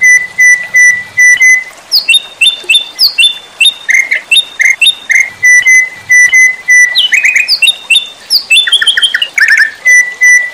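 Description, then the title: White-rumped shama song with steady whistled notes alternating with rapid rising and falling chirps, phrases changing every second or so, bright and continuous. Training recording for cage birds. "MURAI BATU LABAIK"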